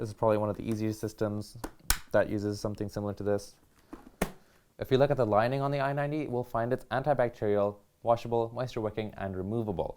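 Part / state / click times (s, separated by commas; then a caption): visor into modular motorcycle helmet side mount / seated / 4.2 s. The removable visor of an HJC I-90 modular motorcycle helmet is lined up with the side mechanism and pressed in, and it clicks back into its mount with a sharp click at 4.2 s. Someone talks before and after the click.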